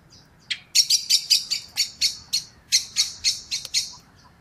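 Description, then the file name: Common blackbird giving a rapid chattering run of harsh, clipped notes. "Turdus merula"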